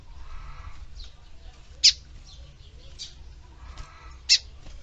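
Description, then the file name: Lined seedeater song: two sharp, bright high notes about two and a half seconds apart, with soft warbling between them. "canto do bigodinho"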